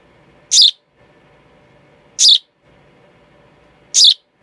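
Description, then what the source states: Sparrow chick calls, three short high shrill chirps spaced a little under two seconds apart, with faint low background hum between them. Young sparrow.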